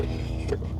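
A plastic headlight housing for a 2010–2012 Fusion is lined up with its mounting studs on the car body and pushed in. Over a steady, music-like background, a brief brighter rustle rises around 0.5 s. Nothing has seated or clicked yet.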